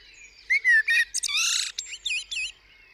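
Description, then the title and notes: Common blackbird: two clear fluted notes, then a rushed, squeaky high twitter that ends in several thin wavering notes. Singing on a studio roof, UK, 8 April 2020 around 7am during Covid-19 lockdown; recorded with a parabolic dish, MKH50 and MKH30 microphones in M/S and a Sonosax R4+ recorder. "Blackbird On A Still Morning. I would like to share this recording I made this morning on the 8th April 2020 around 7am. A Blackbird singing on the roof of my studio"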